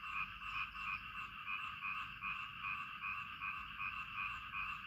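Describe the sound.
Frog croaks pulsing fast and evenly in two bands, repeating roughly two to three times a second, with rain noise underneath.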